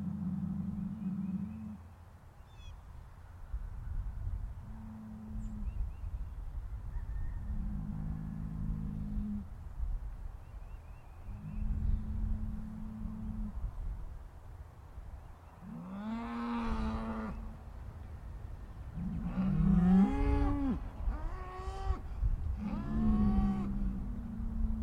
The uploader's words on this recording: Cow Conversations.